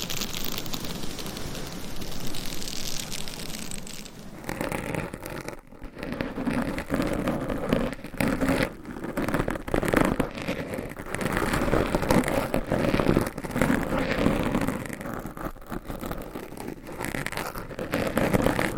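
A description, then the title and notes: Scratching and rapid tapping form a dense, busy texture, hissier for the first four seconds, then more clicky and varied. ASMR Scratching & Tapping for People Who Get Bored Easily(No Talking).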